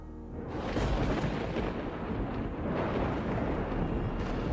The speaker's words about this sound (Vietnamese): Ở trên bầu trời, sấm sét đã bắt đầu nổi lên đùng đùng, chuẩn bị cho một cơn mưa dữ tợn.